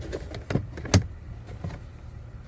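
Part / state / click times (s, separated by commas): cabin air filter access cover into filter housing / not seated / none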